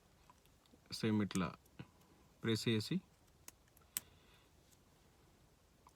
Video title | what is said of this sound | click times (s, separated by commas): Toyota fortunes key battery replace #automobileknowledge | పెట్టేస్తే lock అయిపోతుంది మళ్ళీ దీన్ని సేమ్ | 4.0 s